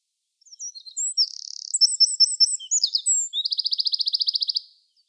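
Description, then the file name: Eurasian wren singing a loud, high-pitched rush of sharp notes, a brief buzz, then a long evenly pulsed trill before it stops abruptly. "Troglodytes troglodytes"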